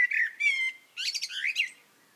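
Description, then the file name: Eurasian blackbird giving a brief song phrase: low mellow whistled notes followed by a rapid, scratchy high-pitched twittering flourish. "Turdus merula"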